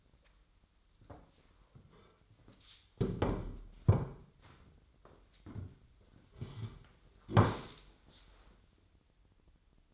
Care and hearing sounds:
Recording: daily activity, microphone in the room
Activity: sit down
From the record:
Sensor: 3

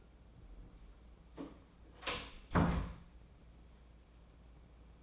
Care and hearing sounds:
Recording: daily activity, microphone in the room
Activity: close door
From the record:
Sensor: 1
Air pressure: 1012.4 hPa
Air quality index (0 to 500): 162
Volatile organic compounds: 3 ppm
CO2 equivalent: 1329 ppm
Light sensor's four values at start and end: 842/1748/844/937 and 836/1736/838/930

